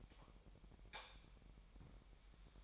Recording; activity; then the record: daily activity, microphone in the room; light off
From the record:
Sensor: 1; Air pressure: 1012.0 hPa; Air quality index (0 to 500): 233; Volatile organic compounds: 6 ppm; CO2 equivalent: 1854 ppm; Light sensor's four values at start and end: 17/47/19/21 and 14/32/13/15